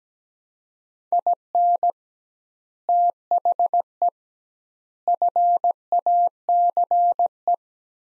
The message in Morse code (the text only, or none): IN THE FACE